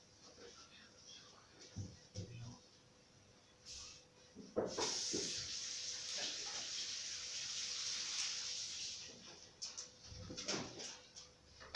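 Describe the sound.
Water runs in a steady, bright hiss for several seconds while something is washed, with short splashes and clatters before and after and occasional voices underneath.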